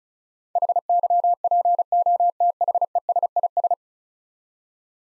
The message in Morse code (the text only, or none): HYPOTHESIS